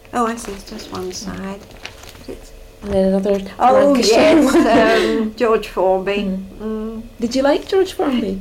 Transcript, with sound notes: Oh, I see. It's just one side.
Mhm. And then another Lancashire one. [laughs]
Oh yes. Erm. George Formby. Mhm.
Did you like George Formby?